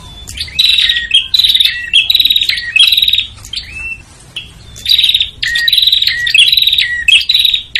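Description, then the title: Prinia calls, busy buzzy chatter in repeated bursts mixed with short whistles, pausing midway before picking up again. Noisy prinia calls used as a lure to attract red-headed prinias and visiting prinias. "Suara Prenjak Ribut Buat Pikat Burung Prenjak Kepala Merah Prenjak Tamu"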